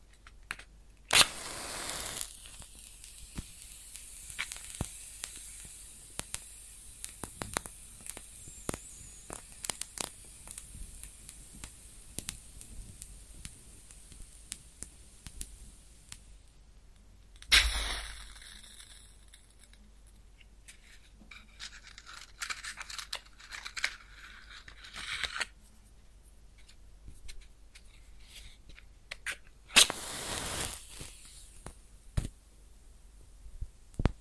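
A match is struck close up three times, near the start, at about 17 seconds and at about 30 seconds, each a sharp scratchy burst. Between strikes the flame crackles with scattered small clicks and pops, and a brighter sizzling hiss follows the middle strike.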